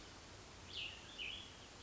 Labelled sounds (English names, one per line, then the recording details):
Cassin's Vireo
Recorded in Sonoma County, California